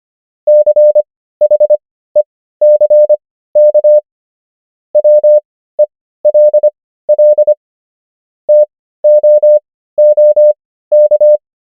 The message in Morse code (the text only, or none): CHECK WELL TOOK